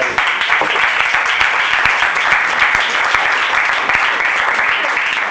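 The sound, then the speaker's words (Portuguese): A crowd bursts into sustained applause as a person is called up, many hands clapping in a dense, steady wash of sharp claps that holds at an even, loud level throughout without fading. “Ven, un aplauso.”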